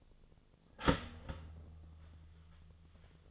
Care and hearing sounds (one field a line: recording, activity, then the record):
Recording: daily activity, microphone in the room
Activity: start toaster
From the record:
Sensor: 4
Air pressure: 1010.2 hPa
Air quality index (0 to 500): 179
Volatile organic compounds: 5 ppm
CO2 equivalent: 1807 ppm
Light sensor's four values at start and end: 23/69/27/27 and 23/69/27/27